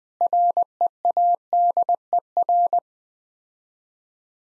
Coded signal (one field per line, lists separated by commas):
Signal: Morse code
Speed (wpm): 20 wpm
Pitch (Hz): 700 Hz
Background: none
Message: READER